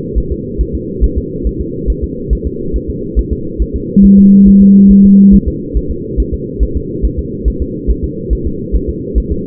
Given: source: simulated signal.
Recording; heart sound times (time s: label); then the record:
fetal heart sounds
0.18 s: S1
0.32 s: S2
0.61 s: S1
0.75 s: S2
1.04 s: S1
1.18 s: S2
1.47 s: S1
1.61 s: S2
1.90 s: S1
2.04 s: S2
2.33 s: S1
2.47 s: S2
2.76 s: S1
2.90 s: S2
3.19 s: S1
3.33 s: S2
3.62 s: S1
3.76 s: S2
4.05 s: S1
4.19 s: S2
4.48 s: S1
4.62 s: S2
4.91 s: S1
5.05 s: S2
5.34 s: S1
5.48 s: S2
5.77 s: S1
5.91 s: S2
6.20 s: S1
6.34 s: S2
6.63 s: S1
6.77 s: S2
7.05 s: S1
7.19 s: S2
7.48 s: S1
7.62 s: S2
7.90 s: S1
8.04 s: S2
8.33 s: S1
8.47 s: S2
8.75 s: S1
8.89 s: S2
9.18 s: S1
9.32 s: S2
From the record:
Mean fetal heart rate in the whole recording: 140 bpm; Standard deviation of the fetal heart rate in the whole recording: 2 bpm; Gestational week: 34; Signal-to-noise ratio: -6.6 dB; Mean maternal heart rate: 72 bpm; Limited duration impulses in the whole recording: present